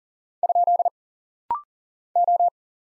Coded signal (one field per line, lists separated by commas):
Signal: Morse code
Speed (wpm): 40 wpm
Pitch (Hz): 700 Hz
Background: none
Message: ? O